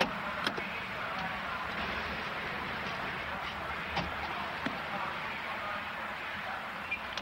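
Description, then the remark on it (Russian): A man loads a suitcase into the trunk of a passenger car on a station square crowded with cars. A few short knocks and clunks are scattered over a steady background rumble of traffic noise. “Мужчина ставит чемодан в багажник легковушки.”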